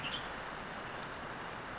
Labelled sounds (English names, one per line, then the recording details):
Western Tanager
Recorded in Sonoma County, California